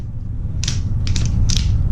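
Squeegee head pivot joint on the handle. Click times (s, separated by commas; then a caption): 0.6 s, 1.1 s, 1.2 s, 1.3 s, 1.6 s. A squeegee head is swung through the detents of its pivot joint on the handle, giving a series of sharp, ratchet-like clicks at 0.6, 1.1, 1.2, 1.3 and 1.6 seconds over a steady low background rumble. The pivot snaps firmly into each detent position with a nice snap.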